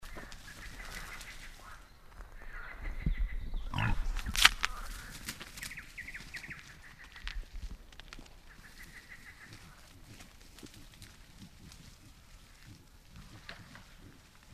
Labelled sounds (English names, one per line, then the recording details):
Wild Boar
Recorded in the wild
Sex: diverse
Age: diverse
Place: Gartz (Oder), Nationalpark Unteres Odertal, Brandenburg, DE
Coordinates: 53.1423, 14.3657
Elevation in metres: 1
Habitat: meadow
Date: 2014-05-07 21:30
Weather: cloudy, 18°C, almost windless
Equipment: Sound Devices 702, Sennheiser MKH 70, Rycote Windschutz
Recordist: Frommolt, Karl-Heinz